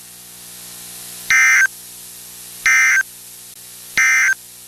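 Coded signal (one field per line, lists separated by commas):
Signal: Emergency Alert System (SAME) tones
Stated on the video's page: Required monthly and weekly tests.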